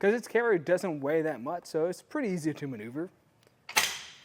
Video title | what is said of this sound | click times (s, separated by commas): etrailer - Kuat Transfer V2 Bike Rack for 3 Bikes Review - 2024 Ford Expedition - KU24FR | it'll lock into place there and when I grab my measuring tape now | 3.7 s, 3.8 s